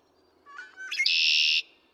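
Red-winged Blackbird song, stuttering clicky notes leading into a loud, rasping trill that holds for about half a second, then stops abruptly.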